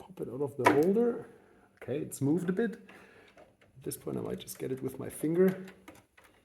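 Someone talks while prying the PRAM coin cell battery out of its metal clip holder on the mainboard of an iMac G3 slot loader. The battery is being handled and has only moved a little; nothing has seated or clicked yet.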